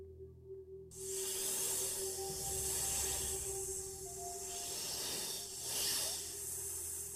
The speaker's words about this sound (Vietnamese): Đột nhiên, lúc này lại có tiếng sột soạt.